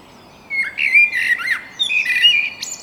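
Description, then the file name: Eurasian blackbird singing a mellow, fluty warble that slides up and down, ending in a thin, high squeaky flourish; faint steady background hiss. "Turdus merula"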